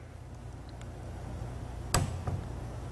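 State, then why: Torque reached. A click-type torque wrench set to 60 inch-pounds tightens a bus bar bolt on the hybrid battery module of a 2010–2015 Toyota Prius, with faint ticks at about 0.8 s and 2.3 s over a low steady hum. The wrench gives its single sharp click at 1.9 s, showing the bolt has reached the set torque.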